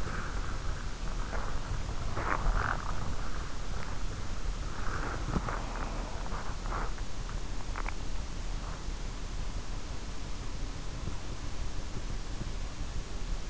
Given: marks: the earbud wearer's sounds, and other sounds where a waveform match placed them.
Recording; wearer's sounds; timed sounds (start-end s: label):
sounds in sleep by an in-ear microphone; body movement
0.00-13.50 s: body movement